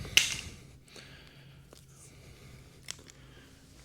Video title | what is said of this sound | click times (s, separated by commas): Swapping RV Camp Chairs for Cozy Recliners! | Well, it kind of locks in too when I heard it pop when I slid it in. | 0.2 s